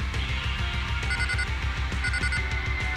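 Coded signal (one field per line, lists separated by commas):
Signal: none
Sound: game's phone ringing beeps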